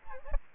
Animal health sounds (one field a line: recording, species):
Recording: mosquito wingbeat signal from an infrared sensor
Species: Aedes albopictus